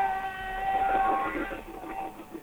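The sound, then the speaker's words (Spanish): Several car horns from a long caravan of vehicles blare together in a sustained, overlapping chorus of steady tones, loud and continuous over a low rumble of traffic, with the honking wavering slightly throughout, despite low temperatures, in Loncopué. “Que está exultante y contenta con todo esto que se está dando aquí en la localidad y las bocinas de fondo, una larga caravana de vehículos también a pesar de las bajas temperaturas que hay.”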